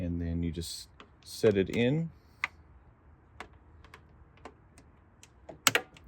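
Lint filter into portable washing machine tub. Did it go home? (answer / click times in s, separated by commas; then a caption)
yes / 5.7 s, 5.8 s. A plastic lint filter housing on a BLACK+DECKER portable washing machine is set back into the washer tub while someone talks, followed by a few faint ticks. It is pressed until it snaps into place with a sharp double click at 5.7 and 5.8 seconds, seating the filter.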